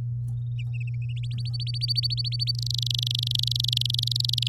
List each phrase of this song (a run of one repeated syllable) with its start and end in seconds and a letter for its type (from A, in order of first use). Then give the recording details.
1.23-2.51 A, 2.55-4.48 B. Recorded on 11 May 2018 at 06:49. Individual llb16